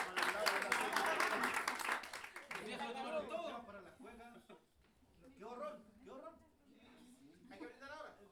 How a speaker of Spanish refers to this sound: Un aplauso para ellos.